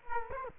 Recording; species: mosquito wingbeat signal from an infrared sensor; Culex quinquefasciatus